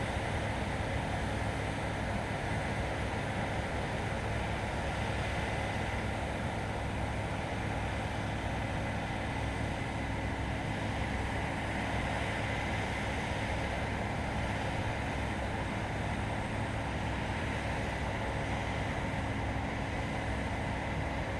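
An axial-flow combine runs at a steady working pace, its engine and threshing drone forming a dense, unbroken roar. Low rumble dominates with a constant mechanical whine and rattle above it, unchanging throughout.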